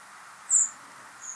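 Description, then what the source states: Redwing flight calls: a thin, very high 'seep' note, followed by a second fainter one about three quarters of a second later, over a quiet background hiss. Migrating birds heard overhead at night in winter over Lough Neagh, Northern Ireland; flocks arrive from Iceland and northeast Europe under cover of darkness.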